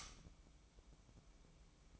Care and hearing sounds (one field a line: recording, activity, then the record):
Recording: daily activity, microphone in the room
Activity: light off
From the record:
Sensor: 1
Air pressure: 1007.9 hPa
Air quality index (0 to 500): 124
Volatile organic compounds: 2 ppm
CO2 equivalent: 1050 ppm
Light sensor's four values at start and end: 17/50/20/21 and 9/21/8/9